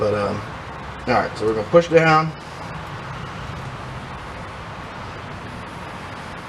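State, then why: Not seated. The valve spring is being compressed and pushed down so the steel keeper (valve lock) can seat in the spring retainer on the valve stem, with the cylinder head left on the engine. Someone talks briefly, then only a low, steady background hum continues to the end. Nothing has seated or clicked yet.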